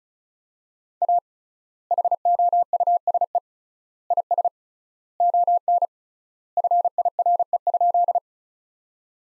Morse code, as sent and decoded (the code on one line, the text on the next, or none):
.- / .... --- ..- ... . / .. ... / --- -. / ..-. .. .-. . ..--..
A HOUSE IS ON FIRE?